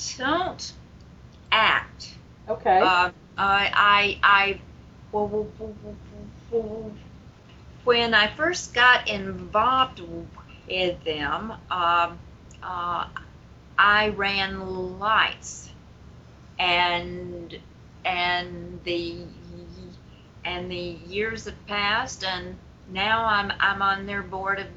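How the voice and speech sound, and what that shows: An adult woman speaks in a small room with frequent disfluencies: repeated syllables and words ("I-I", "I'm-I'm"), drawn-out "w" and "n" sounds, and silent blocks before words. These repetitions, prolongations and blocks are typical of stuttering.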